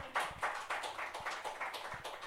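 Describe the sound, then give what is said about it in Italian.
Audience applause with a steady run of overlapping claps at a brisk, fairly even rhythm, moderately loud and sustained throughout, with no voices over it. “Bevo non per l'applauso, bevo per cosette.”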